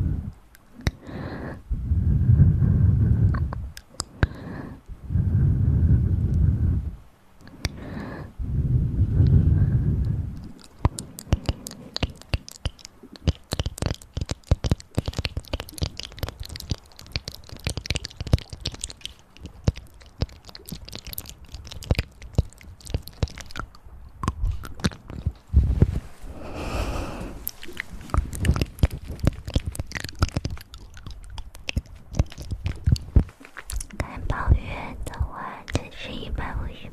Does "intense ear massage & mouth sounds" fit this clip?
yes